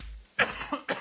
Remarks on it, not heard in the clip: Coughing. I just coughed into the mic, but I tried to turn my head. It sounds like a full cough into the mic.